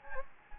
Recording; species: mosquito wingbeat signal from an infrared sensor; Anopheles gambiae